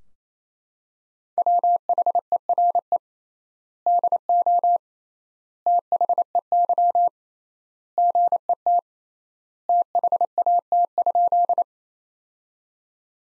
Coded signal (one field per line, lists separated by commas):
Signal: Morse code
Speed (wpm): 28 wpm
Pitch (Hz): 700 Hz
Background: none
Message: WHERE DO THEY GET THAT?